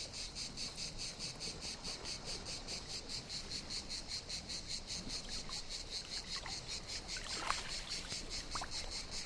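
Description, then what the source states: Cicadas in a rhythmic pulsing chorus, about two and a half pulses per second, with a few brief clicks. Cicadas in the morning at high tide at Brégançonnet calanque beach on the Mediterranean.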